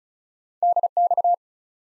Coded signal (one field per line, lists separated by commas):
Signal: Morse code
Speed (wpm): 36 wpm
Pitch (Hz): 700 Hz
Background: none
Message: DX